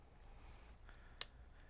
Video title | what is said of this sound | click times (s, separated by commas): Strength Test - VOLT® Pro Junction Hub for Connecting Landscape Lighting Wires | close the tab making sure you hear it click make sure to do this for both sides on the rail to | 1.2 s